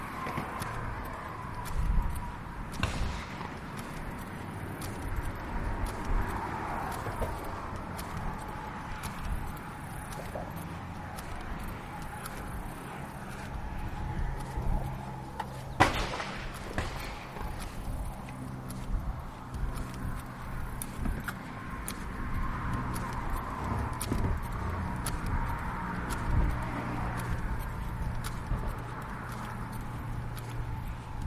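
A lunchtime walk around the neighborhood, with a steady low rumble of traffic and cars passing underneath throughout. Scattered footsteps and small knocks tick along, with a sharper bang near sixteen seconds and a faint steady tone running through much of the recording.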